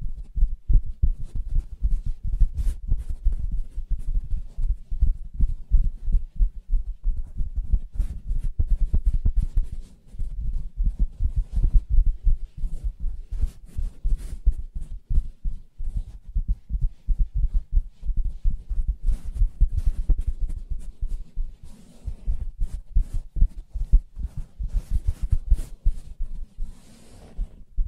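Soft fabric surface being tapped and scratched, a dense, continuous run of muffled thumps and rubbing with a low, dull body. Bursts of brighter scratching flare up now and then, especially around 8 seconds and from about 19 seconds on, with a brief lull near 10 seconds.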